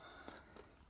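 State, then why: Not seated. A small plastic transition bridge carrying a figure is handled at the end of an N-scale model railway coach, giving faint handling noise with a brief soft bump around 0.3 s and another light touch near 0.6 s. Nothing has seated or clicked yet; the clip ends just before the bridge snaps into place.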